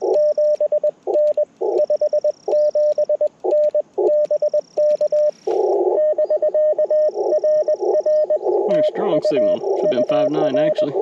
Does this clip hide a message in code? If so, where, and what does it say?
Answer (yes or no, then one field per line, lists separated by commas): yes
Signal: Morse code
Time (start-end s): 0.2-10.8 s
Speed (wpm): 21 wpm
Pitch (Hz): 590 Hz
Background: speech, radio noise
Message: 7N 57N BK <BK> RR TU UR